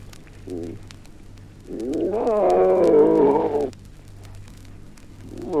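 Animal calls: a brief low note, then a longer, higher, quavering cry lasting about two seconds, and another cry starting at the end.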